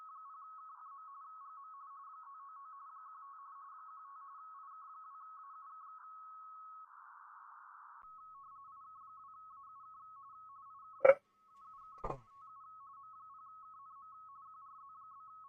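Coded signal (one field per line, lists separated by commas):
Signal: RTTY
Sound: steady warbling two-tone teleprinter chatter around 1.2 kHz, interrupted by two short thumps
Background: brief clicks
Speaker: KC. No, AUK. There we go. It's a UK. There we go.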